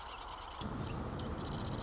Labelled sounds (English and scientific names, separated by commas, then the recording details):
Marsh Wren (Cistothorus palustris)
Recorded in Sonoma County, California